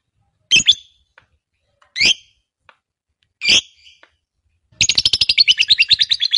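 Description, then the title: Lovebird calls: three sharp, separate high chirps, followed by a rapid harsh chattering trill. Fighter lovebird. "Begitu Dengar Suara Lovebird FIGHTER NGEKEK PANJANG"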